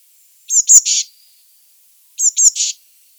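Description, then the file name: Eurasian blue tit giving two high, thin call bouts, each ending in a buzzy scold. "Cyanistes caeruleus"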